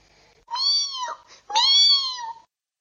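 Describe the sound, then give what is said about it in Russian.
A kitten meows twice, each call high-pitched, clear and drawn out for over half a second, with a short pause between them. No voices are heard. “Ой, совсем забыл. Котенок! Котенок! Надо же его покормить.”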